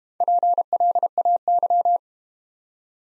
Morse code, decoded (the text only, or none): PLAY